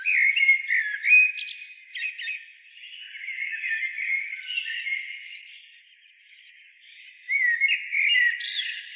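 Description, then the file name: Common blackbird: warbled whistled notes, loudest in the first two seconds and again near the end. "Turdus merula"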